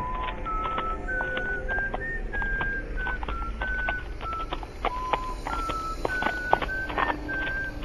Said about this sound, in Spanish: y para quitarse de encima el miedo, comenzó a silbar inopinadamente.